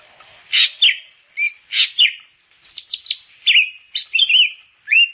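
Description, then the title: Grey-cheeked bulbul song: short clusters of bright, slurred whistles and sharp chirps, each burst separated by brief pauses. "Kicau Burung Cucak Jenggot"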